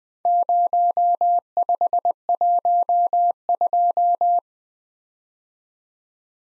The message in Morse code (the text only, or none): 0512